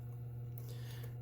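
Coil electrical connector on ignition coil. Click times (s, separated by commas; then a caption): 0.6 s. On a turbo Hyundai Santa Fe 2.0, a small pick is slid under the black locking tab of the plastic electrical connector on an ignition coil. A short, sharp click comes at 0.6 s over a steady low hum as the tab lets go and the connector is released.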